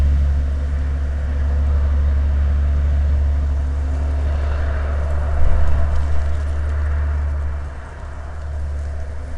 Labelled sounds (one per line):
machinery
flare stack